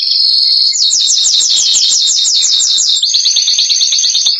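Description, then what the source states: Canary song: a rapid, steady trill of repeated high notes that shifts to a slightly different tour partway through. Song (canto).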